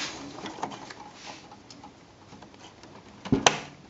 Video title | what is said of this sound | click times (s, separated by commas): Upgrade my Dell Precision 3630 Memory DDR$ 323 GB | hear a snap on that side? Yeah. That side. | 3.5 s